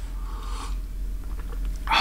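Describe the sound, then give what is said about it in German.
Someone slurps a sip of hot coffee with an airy, hissing draw, followed by a few soft wet clicks of swallowing, then another breathy slurp at the end. No one speaks. “Ja, oh, jetzt mal runterschlucken, das ist ganz schön heiß.”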